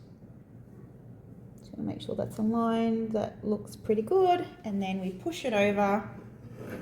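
Someone talks while lining up the loaded die of a Vevor badge making machine, with the badge's clip part face down, and starts sliding the die tray across the press base toward the spot under the press head. Only the talking is heard over a faint background hum. Nothing has seated or clicked yet.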